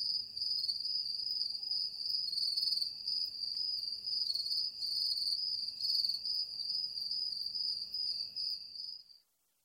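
Cricket giving continuous high trilled chirping in rapid, nearly unbroken pulses, stopping near the close.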